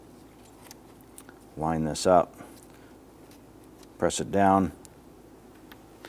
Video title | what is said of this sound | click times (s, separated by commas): How to Replace VVT Solenoids 2011-2021 Jeep Grand Cherokee 3.6L V6 | You can feel it and hear it snap into place. | 5.7 s, 6.1 s